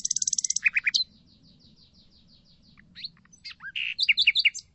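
Bird calls: a fast even trill of ticking notes, a row of soft repeated chips, then a jumble of sharp varied chirps, over a low rumble.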